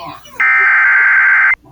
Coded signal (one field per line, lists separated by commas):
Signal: Emergency Alert System (SAME) tones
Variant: header bursts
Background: speech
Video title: EAS 52 at Sat May 10 2025 5:03:39 PM